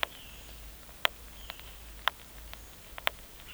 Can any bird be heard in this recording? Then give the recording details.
no. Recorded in pastures near Puerto Asís, Putumayo, Colombia, on 26 December 2024 at 09:30. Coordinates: 0.472, -76.329. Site G072